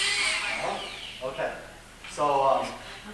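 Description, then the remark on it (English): A homogenizer, a small power tool with a blade inside its barrel, being used on an emulsion, gives off a loud, high-pitched motor whine that winds down over about half a second, then a person speaks in short bursts over a faint background hum. “So I have, in this emulsion that was just made here, I can use a homogenizer, which is commonly used. It's a nice little power tool.”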